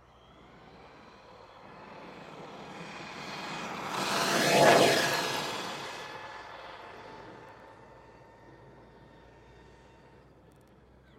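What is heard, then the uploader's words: An RC truck passes by on an asphalt road, its brushless motor whining as it approaches, peaks just under five seconds in, then fades away. A steady high motor tone rides over a rough tire hiss, with a faint low hum throughout. RC Monster Truck Sound. This recording captures my RC truck's brushless motor and tire sound on an asphalt village road. Recorded using Zoom F6 with Rode NT-5 matched pairs with NOS configuration. Master audio is 32-bit 192kHz, rendered to 16-bit 48kHz using WaveLab.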